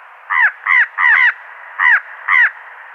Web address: Schulze Peter Fan-tailed Raven